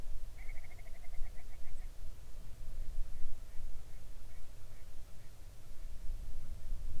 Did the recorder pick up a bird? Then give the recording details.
yes. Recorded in the Arctic National Wildlife Refuge, Alaska, on 3 August 2019 at 06:13. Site 41